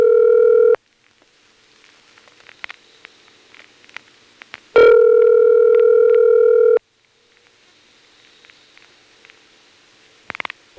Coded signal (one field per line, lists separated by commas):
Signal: telephone call progress tone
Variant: North America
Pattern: ringback tone